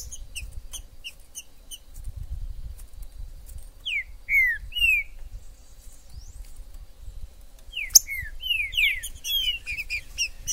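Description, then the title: Green-winged saltator song: short slurred whistles falling in pitch, a few at four to five seconds and a fuller burst near the end, over steady high chirping and low rumble. Wild bird in the forest; the video is meant to excite a kept trinca-ferro to call, sing and display in contests. "TRINCA Piando, Cantando E Macheando Na DISPUTA. TRINCA FERRO no MATO. Trinca ferro MAJOR no MATO"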